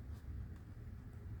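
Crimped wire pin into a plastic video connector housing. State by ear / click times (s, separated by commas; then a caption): not seated / none. A crimped wire pin is pushed into a position in a monitor's plastic video connector housing so its barb should lock, with a zip tie on the wires making it hard to push. Only a steady low rumble is heard, with no sharp sounds. No click is heard and the pin has not seated yet, so it needs to be pushed in again.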